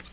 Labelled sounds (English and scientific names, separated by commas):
Nashville Warbler (Leiothlypis ruficapilla) flight call